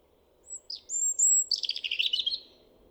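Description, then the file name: European robin song of thin, high whistled notes followed by a rapid, sweet twittering cascade over a steady low background hum. "Erithacus rubecula"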